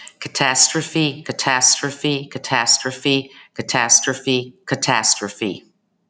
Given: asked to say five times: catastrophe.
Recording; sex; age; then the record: repeated word; female; 40 to 49 years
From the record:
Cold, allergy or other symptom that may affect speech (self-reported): no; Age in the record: 42 years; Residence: Florida, United States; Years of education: 16